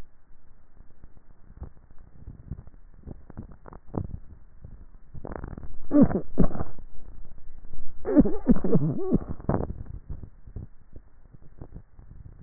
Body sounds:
swallowing sounds by neck microphone; 1
3.05-3.95 s: swallow
From the record:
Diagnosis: dysphagia

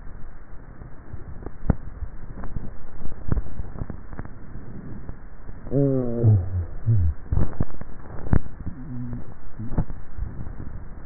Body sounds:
swallowing sounds by neck microphone; 2
1.75-2.65 s: swallow
9.85-10.45 s: swallow
From the record:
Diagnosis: dysphagia

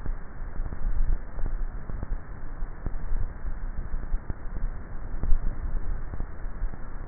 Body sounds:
swallowing sounds by neck microphone; 3
0.95-1.62 s: swallow
2.62-3.58 s: swallow
4.82-6.02 s: swallow
From the record:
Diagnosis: dysphagia

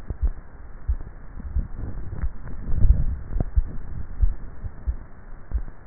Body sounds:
swallowing sounds by neck microphone; 2
2.78-3.62 s: swallow
3.68-4.52 s: swallow
From the record:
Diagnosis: dysphagia

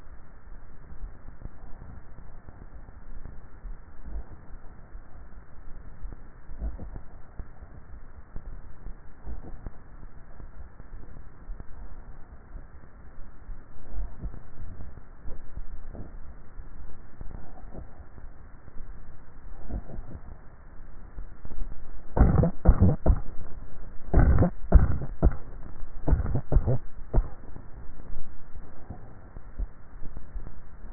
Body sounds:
swallowing sounds by neck microphone; 1
15.45-15.95 s: swallow
From the record:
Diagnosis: dysphagia

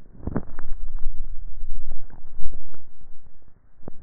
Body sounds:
swallowing sounds by neck microphone; 1
1.92-2.58 s: swallow
From the record:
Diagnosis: dysphagia

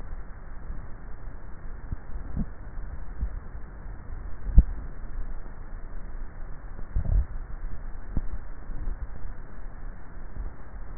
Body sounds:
swallowing sounds by neck microphone; 3
2.22-3.42 s: swallow
4.45-5.28 s: swallow
8.15-8.88 s: swallow
From the record:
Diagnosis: dysphagia

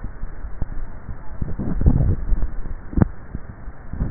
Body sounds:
swallowing sounds by neck microphone; 1
1.75-2.62 s: swallow
From the record:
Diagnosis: dysphagia

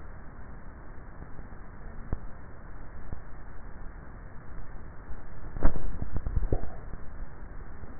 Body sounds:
swallowing sounds by neck microphone; 1
5.85-6.95 s: swallow
From the record:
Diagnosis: dysphagia

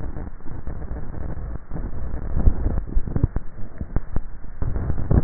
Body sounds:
swallowing sounds by neck microphone; 1
2.15-3.05 s: swallow
From the record:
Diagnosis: dysphagia

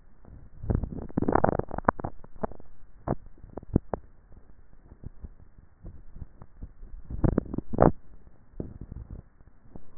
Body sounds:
swallowing sounds by neck microphone; 2
0.62-1.35 s: swallow
7.12-7.78 s: swallow
From the record:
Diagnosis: dysphagia

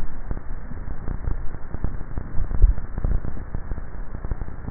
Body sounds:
swallowing sounds by neck microphone; 1
2.48-3.38 s: swallow
From the record:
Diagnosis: dysphagia

